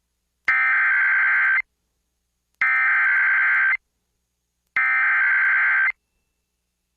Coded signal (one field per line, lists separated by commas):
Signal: Emergency Alert System (SAME) tones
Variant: header bursts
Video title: HOORAY FOR MORE BACKLOGGED ALERTS! | EAS Alerts from 6/8/2022 (EAS #1341-1345)